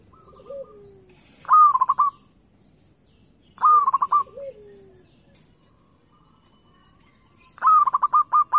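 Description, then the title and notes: Zebra dove gives quick trilled coo phrases, each a string of clipped notes, three phrases in all, with a few lower falling notes. Local (lokal) zebra dove singing. "Kicau Perkutut Lokal 1. Kicau Burung Perkutut"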